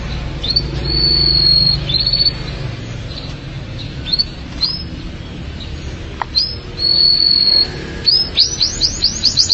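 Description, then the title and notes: Canary song of upslurred chirps and long, level, piercing whistles, ending in a quick run of rising notes; faint low hum throughout. "BM Suara Kenari. BM Suara Burung Kenari"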